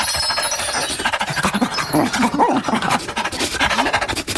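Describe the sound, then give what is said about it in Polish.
A voice imitates the dog from the children's book Pies, który jeździł koleją panting, with quick, breathy, rhythmic huffs repeated steadily throughout, rough and raspy in texture with a few brief voiced squeaks mixed in. “A jak brzmi pies, który jeździł koleją?”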